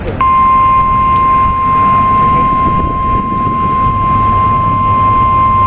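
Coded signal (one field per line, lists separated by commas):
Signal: Emergency Alert System (SAME) tones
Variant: 1050 Hz attention tone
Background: speech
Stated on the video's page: Weather Radio Canada required monthly test from an Environment Canada station, received on a portable weather radio.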